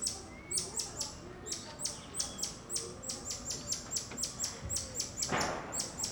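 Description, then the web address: Bird chirps, high and sharp, repeated quickly and steadily, with a short broad rushing noise near the end and low background rumble. Outdoor ambience in a suburb of Rio de Janeiro. "Monte Sound - Atmospheres of Rio de Janeiro AMB External Rio Subburb Birds Dogs Monkeys"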